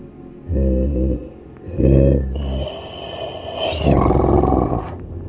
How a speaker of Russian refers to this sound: Тягостный не то стон, не то ворчание. Не похоже на голос пенки. Совсем не похоже.